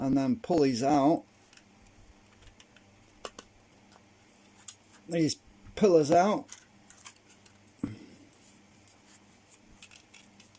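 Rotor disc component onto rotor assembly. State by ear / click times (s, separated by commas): not seated / none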